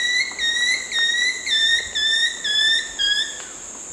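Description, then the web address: Long-tailed woodcreeper calls, clear high whistled notes, each steady then stepping slightly down, given in a slow series of about seven, over a constant high insect hum. Calls after playback; eastern lowlands of South America. "Natures Songs S America Eastern Lowlands. Deconychura longicauda, calls pb"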